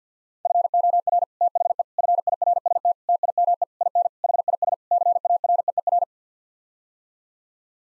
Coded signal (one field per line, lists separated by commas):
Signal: Morse code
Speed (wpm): 50 wpm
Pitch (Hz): 700 Hz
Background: none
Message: FOR THE FIRST TIME IN HIS CAREER